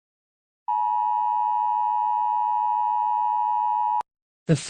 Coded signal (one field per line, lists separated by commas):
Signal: Emergency Alert System (SAME) tones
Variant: 853 and 960 Hz attention tone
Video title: EAS Scenario #34: Lion Rampage of Cape Town.